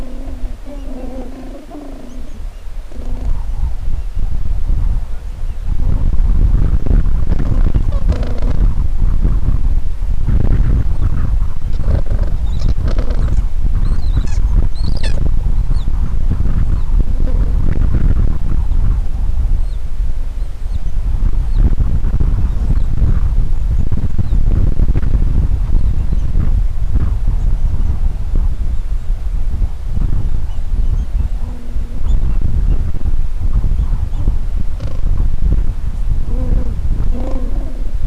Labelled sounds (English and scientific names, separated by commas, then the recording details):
Gentoo Penguin (Pygoscelis papua)
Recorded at the colony at Stromness, on 23 December 2014
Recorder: Song Meter SM2+